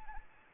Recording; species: mosquito wingbeat signal from an infrared sensor; Anopheles arabiensis